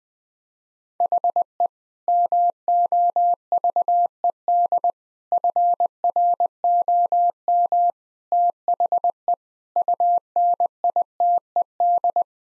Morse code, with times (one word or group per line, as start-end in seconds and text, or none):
1.0-1.7 HE
2.1-4.9 MOVED
5.3-7.9 FROM
8.3-9.3 THE
9.8-12.2 UNITED